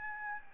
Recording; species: mosquito wingbeat signal from an infrared sensor; Aedes albopictus